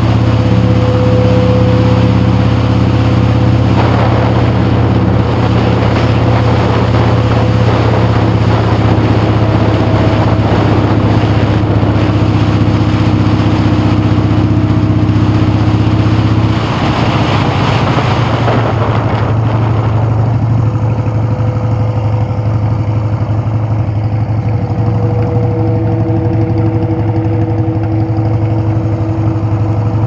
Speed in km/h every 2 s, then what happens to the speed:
45, 45, 45, 45, 42, 44, 47, 47, 35, 16, 6, 0, 0, 2, 0.
0-14 steady at about 45. 14-21 brakes to 0. 21-30 standing.